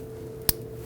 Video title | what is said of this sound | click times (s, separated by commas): How to Replace Front Strut & Spring Assemblies 2009-2017 Volvo XC60 | Install the ABS connector to the sensor itself. You're going to feel it and hear it click into place. | 0.5 s